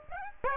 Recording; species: mosquito wingbeat signal from an infrared sensor; Aedes aegypti